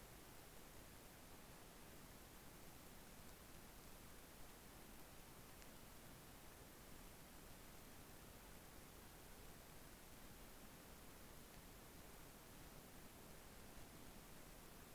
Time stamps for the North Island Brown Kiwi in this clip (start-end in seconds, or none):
none